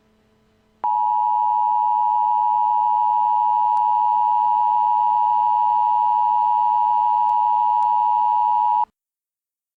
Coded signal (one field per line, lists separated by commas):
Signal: Emergency Alert System (SAME) tones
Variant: 853 and 960 Hz attention tone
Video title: EAS in Movies: "Deep Impact"